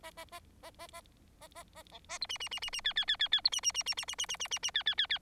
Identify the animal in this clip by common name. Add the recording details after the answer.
Bengalese Finch. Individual Bird4